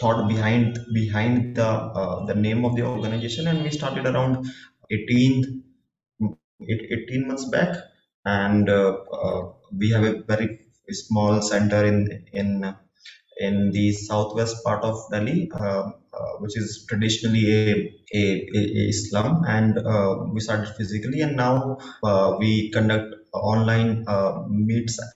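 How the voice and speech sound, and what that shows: An adult man who has stammered since childhood speaks calmly about his small organization, with repeated words and sounds ('behind, behind', 'eighteen… eighteen', 'in, in, in'), stretched vowels and hesitant pauses. These repetitions and prolongations are typical of adult stuttering.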